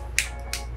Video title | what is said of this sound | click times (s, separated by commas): Otterbox Defender S21 Ultra - The Ultimate Armor for your S21 Ultra | you can hear the sound it snaps in place and | 0.2 s, 0.5 s